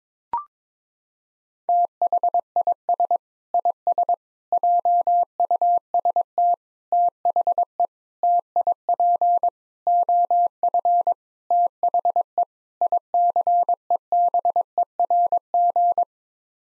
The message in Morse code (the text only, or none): THIS IS JUST THE TIP OF THE ICEBERG